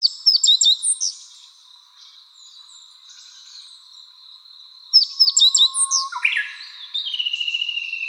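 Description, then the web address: Meadow bunting song, a quick burst of sharp high notes repeated twice, with a thin steady high tone and a descending whistled phrase near the end. Recorded 28 June 2015. "birdenaga hojiro 150628"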